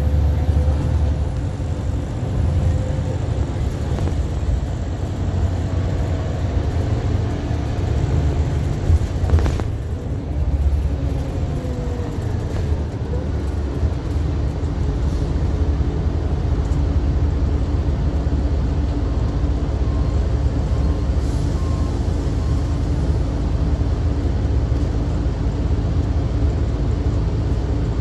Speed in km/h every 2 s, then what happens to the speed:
74, 72, 66, 56, 42, 26, 6, 0, 0, 0, 0, 0, 0, 0.
0-13 brakes to 0. 13-28 standing.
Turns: none.